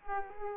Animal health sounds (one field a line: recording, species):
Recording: mosquito wingbeat signal from an infrared sensor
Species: Culex quinquefasciatus